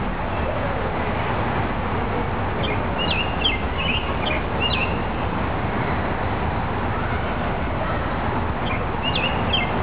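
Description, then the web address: Robin song, short high warbled phrases in two bursts, the first longer, over a constant loud rushing of water filling the low range. Recorded at a riverside. "richfragrantchaos robin riverside"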